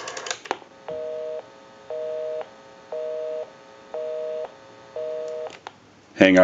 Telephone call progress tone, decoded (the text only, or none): busy tone